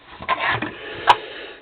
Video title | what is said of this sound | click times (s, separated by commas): Tracy's custom 1:18 Ford Mustang GT police diecast with working lights & siren | snap it back in everything shuts back down | 1.1 s